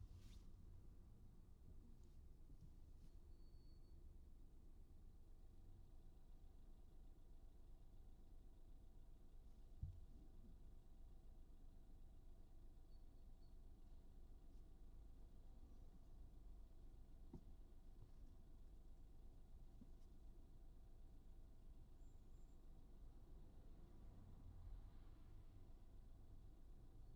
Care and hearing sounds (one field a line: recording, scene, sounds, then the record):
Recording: everyday scene through a hearing-aid microphone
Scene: in a vehicle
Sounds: engine idling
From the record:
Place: Skoda Fabia, gasoline engine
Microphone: in the ear canal, right